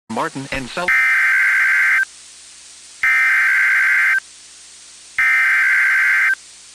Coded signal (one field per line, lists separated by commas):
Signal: Emergency Alert System (SAME) tones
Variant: header bursts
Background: speech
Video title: WWG83 IND Severe Thunderstorm Warning EAS #94 (3/4/26)